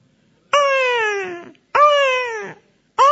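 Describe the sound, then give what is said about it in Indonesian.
A voice imitates a baby crying with three loud, wailing cries in a steady rhythm, each a drawn-out, slightly falling tone with rich harmonics, separated by brief pauses. “Masa cuma nirokan kan ya? Ya kan begitu kan bayi kurang lebih.”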